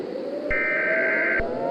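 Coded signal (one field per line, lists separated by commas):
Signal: Emergency Alert System (SAME) tones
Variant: header bursts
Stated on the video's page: Fictional simulated EAS scenario of a western earthquake disaster, using valid EAS tones.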